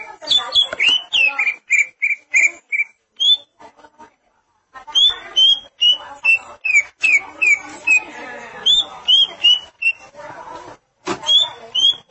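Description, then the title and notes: Greater green leafbird song: quick whistled notes that dip and rise, mixed with chattering notes, with a brief pause in the middle. "Suara Kicauan Burung Cucak Ijo"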